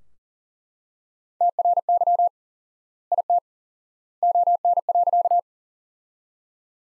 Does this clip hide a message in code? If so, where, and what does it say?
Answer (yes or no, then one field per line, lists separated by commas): yes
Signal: Morse code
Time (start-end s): 1.4-5.4 s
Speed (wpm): 40 wpm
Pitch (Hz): 700 Hz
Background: none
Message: TRY IT ON.